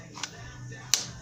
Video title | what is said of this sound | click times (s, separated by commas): What is inside of my tackle box? | Pull it back, snaps into place. | 0.9 s